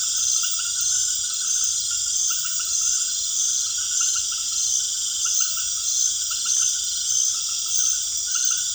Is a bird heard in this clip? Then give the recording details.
no. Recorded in secondary vegetation near Puerto Asís, Putumayo, Colombia, on 29 June 2025. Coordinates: 0.488, -76.319. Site G094